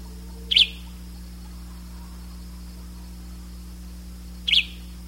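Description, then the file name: Bird calls, two brief sharp high notes about four seconds apart, set against a steady low hum. "SABIOD 50 bird 2015"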